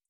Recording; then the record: hydrophone in a shrimp aquaculture tank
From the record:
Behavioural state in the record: feeding